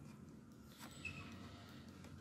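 A blue detachable controller is handled as it is brought to the left rail of a Nintendo Switch OLED handheld console, with low steady background rumble and soft rubbing noise. A couple of faint short ticks sound near the end, but nothing has seated or clicked yet.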